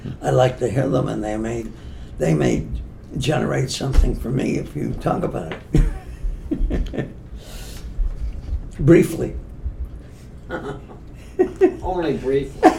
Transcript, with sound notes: I’d like to hear them and they may, they may generate something for me if you talk about it. [laughs] Briefly.
Uh-uhn. Only briefly.